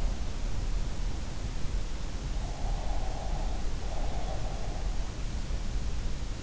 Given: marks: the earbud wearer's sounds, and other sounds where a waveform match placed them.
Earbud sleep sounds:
sounds in sleep by an in-ear microphone; breath
2.44-4.75 s: breath

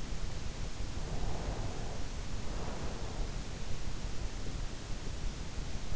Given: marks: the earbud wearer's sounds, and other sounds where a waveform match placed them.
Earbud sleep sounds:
sounds in sleep by an in-ear microphone; breath
1.04-3.44 s: breath

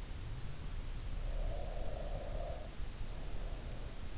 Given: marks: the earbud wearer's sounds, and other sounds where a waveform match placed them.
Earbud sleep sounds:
sounds in sleep by an in-ear microphone; breath
1.15-3.03 s: breath

